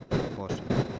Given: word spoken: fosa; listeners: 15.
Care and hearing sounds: one Spanish word in noise, from a listening test; noise modulated by one talker; -10.7 dB; 2 of 15; 6 of 15; 0.59 s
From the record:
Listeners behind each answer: 6, 2, 2, 1, 1, 1, 1, 1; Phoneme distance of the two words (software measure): 10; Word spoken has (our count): 2 syllables, 4 phonemes, stress on syllable 1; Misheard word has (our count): 2 syllables, 4 phonemes, stress on syllable 1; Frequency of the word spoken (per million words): 5.15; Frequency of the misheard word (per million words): 237.72

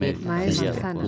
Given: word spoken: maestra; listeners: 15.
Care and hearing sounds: one Spanish word in noise, from a listening test; four-talker babble; -2.9 dB; 1 of 15; 7 of 15; 0.68 s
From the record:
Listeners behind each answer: 7, 7, 1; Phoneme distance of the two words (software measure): 44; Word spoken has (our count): 3 syllables, 7 phonemes, stress on syllable 2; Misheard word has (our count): 3 syllables, 7 phonemes, stress on syllable 2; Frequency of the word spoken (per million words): 17.21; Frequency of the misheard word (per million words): 15.08

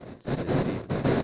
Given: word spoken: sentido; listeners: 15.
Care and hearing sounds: one Spanish word in noise, from a listening test; noise modulated by one talker; -12.3 dB; 0 of 15; 12 of 15; 0.84 s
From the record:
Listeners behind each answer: 12, 1, 1, 1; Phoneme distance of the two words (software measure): 17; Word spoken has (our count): 3 syllables, 7 phonemes, stress on syllable 2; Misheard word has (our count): 2 syllables, 6 phonemes, stress on syllable 2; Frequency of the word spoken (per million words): 311.74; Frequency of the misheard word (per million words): 56.25

